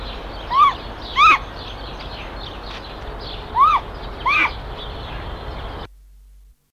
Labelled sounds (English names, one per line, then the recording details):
Great Grey Owl call
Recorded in captivity
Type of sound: call
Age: adult
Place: Zoo Hannover, Niedersachsen, DE
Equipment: Halbspur, 9,5 cm/s
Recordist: Lütgens, Hans
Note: Rufe